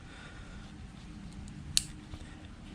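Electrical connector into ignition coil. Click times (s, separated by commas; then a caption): 1.8 s. An electrical connector is pushed onto an ignition coil of a 2016 Scion iM during spark plug replacement. It snaps in with a single sharp, loud click at 1.8 s, over a steady low background hum with a few faint ticks. The connector is seated.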